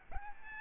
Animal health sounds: mosquito wingbeat signal from an infrared sensor; Aedes albopictus

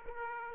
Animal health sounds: mosquito wingbeat signal from an infrared sensor; Aedes aegypti

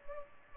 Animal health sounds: mosquito wingbeat signal from an infrared sensor; Culex pipiens

